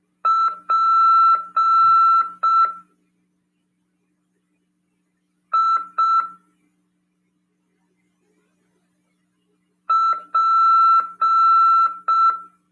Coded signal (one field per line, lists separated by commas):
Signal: Morse code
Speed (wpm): 5 wpm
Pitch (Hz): 1340 Hz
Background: none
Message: PIP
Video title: RADIOAMADOR 1ªEd. 2/2/2023 "AULA 12 CW, LEGIS e C.RODADA" FM 146.410 Mhz. PY2EXU PAULO SP/SP CRASP.